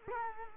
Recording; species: mosquito wingbeat signal from an infrared sensor; Culex quinquefasciatus